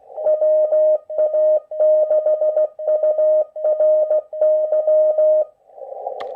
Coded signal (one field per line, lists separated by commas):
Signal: Morse code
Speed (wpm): 16 wpm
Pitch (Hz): 620 Hz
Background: radio noise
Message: WA6URY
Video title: WPX CW Contest using RHR Morse Code - Part 2